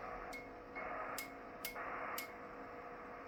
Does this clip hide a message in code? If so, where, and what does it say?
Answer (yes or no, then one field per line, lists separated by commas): no